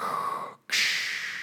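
An adult man imitates his own heavy obstructed snoring: two rasping breaths, a whistly inhale then a loud hissing exhale. He has massive tonsils needing removal that touch during a cold so he cannot breathe; the snoring was worse while he was sick.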